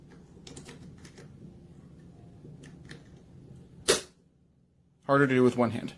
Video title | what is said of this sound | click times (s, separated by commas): Review Norelco Philips Multigroom 7000 Series, All-in-One Trimmer, Beard Trimmer and Hair Clipper, 1 | Put it on starting from the front, and it should snap right down. | 3.9 s